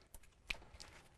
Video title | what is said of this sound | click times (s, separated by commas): PART 3 ALTERNATOR UPGRADE INSTALLATION | So that little zip tie holder just kind of popped out, but that snaps back into place, just like that. | 0.5 s